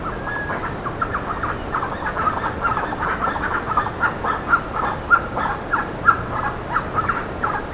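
Bird giving short rough calls in a dense series, several louder notes standing out over the constant chatter.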